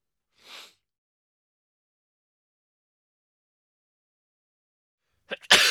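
A soft, breathy hiss is followed by a long silence, then a sudden sharp explosive burst that cuts off at the end. It is an acted sneeze by an adult: a quick intake, then a forceful expulsion of air.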